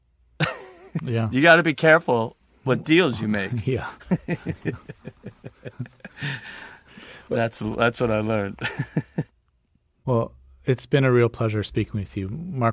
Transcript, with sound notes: Yeah.
You got to be careful with deals you make.
Yeah.
(Laughter). That's what I learned.
Well, it's been a real pleasure speaking with you.